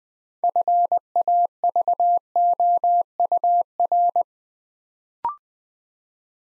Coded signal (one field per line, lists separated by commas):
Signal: Morse code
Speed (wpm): 21 wpm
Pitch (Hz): 700 Hz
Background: none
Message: FAVOUR